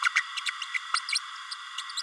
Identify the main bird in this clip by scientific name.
Forpus passerinus